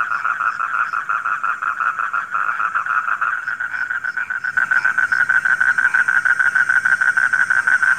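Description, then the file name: Frogs croaking continuously in a buzzy pulsed chorus that grows louder and crisper halfway through. Frogs calling at night. "suara kodok di malam hari"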